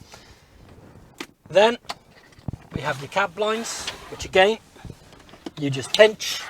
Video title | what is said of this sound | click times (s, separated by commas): 2021 Model Roller Team Zefiro 696 handover | pull up tuck in and clip in | 1.2 s